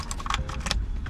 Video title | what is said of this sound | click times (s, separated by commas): Best Head Unit For Subaru WRX STI - Idoing Install & Review | you got to make sure they click into place guys | 0.3 s, 0.7 s